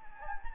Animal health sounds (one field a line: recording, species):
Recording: mosquito wingbeat signal from an infrared sensor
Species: Anopheles gambiae